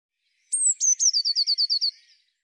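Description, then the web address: Eurasian blue tit: one phrase of two thin, high whistles sliding downward, then a clear, rapid trill of several short notes. "cianscape birddata Deverinetal 2025 File cleaned normalized Bird Cy Ca"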